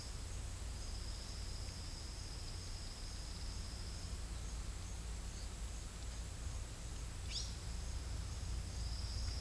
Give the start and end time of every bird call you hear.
7.31s-7.50s: bird call

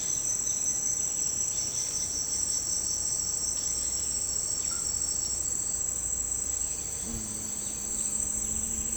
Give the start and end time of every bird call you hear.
0.36s-2.79s: bird call
3.57s-4.04s: bird call
4.33s-4.98s: bird call
7.58s-8.97s: bird call

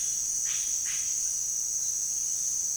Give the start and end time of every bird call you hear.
0.00s-1.18s: bird call

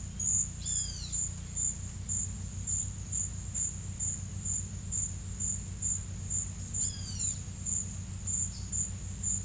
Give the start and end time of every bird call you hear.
0.63s-1.16s: bird call
6.81s-7.36s: bird call

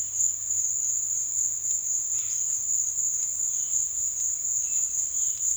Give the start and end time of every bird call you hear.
3.35s-5.56s: bird call

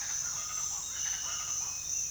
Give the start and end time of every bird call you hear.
0.00s-1.78s: bird call

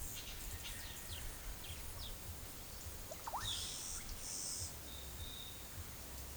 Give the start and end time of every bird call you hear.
0.00s-2.43s: bird call
3.07s-4.75s: bird call

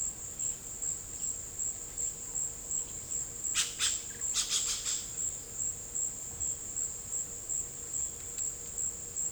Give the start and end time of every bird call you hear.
3.51s-5.02s: bird call

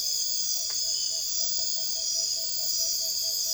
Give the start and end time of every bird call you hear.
0.00s-3.53s: bird call

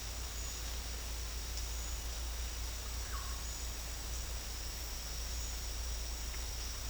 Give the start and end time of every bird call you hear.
3.05s-3.42s: bird call

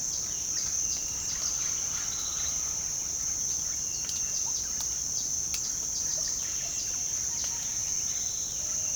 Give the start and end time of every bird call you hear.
0.00s-7.00s: bird call
7.36s-8.95s: bird call

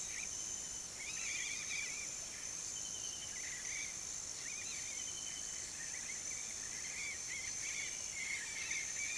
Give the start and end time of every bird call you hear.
0.00s-2.17s: bird call
3.42s-9.17s: bird call

